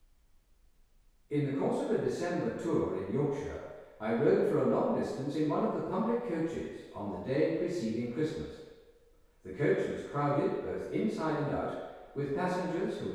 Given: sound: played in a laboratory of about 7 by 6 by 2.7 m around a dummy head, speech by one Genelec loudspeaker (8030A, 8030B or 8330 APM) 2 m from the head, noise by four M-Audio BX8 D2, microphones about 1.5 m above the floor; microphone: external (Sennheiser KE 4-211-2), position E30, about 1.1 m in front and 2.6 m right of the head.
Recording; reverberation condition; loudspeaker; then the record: male speech in English; high; 120 degrees to the right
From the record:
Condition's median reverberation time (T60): about 1300 ms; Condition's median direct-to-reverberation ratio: about -4.0 dB